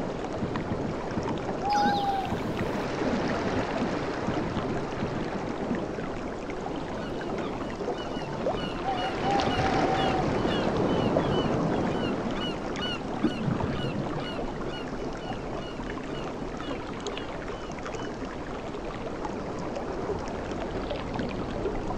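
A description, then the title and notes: A tropical beach: a dense, steady wash of water and surf fills the scene, swelling slightly around the middle before settling again. Faint short chirps stand out near two and nine seconds, and soft, rapid ticking sits high in the background. Tropical Beach. 1 hour of beach sounds from the tropics.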